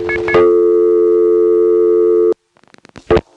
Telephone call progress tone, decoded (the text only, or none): dial tone